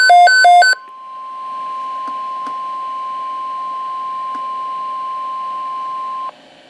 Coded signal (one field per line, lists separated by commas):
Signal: Emergency Alert System (SAME) tones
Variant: 1050 Hz attention tone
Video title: All Alerts on NOAA Weather Radio for June 17th, 2022 (EAS # 45-49)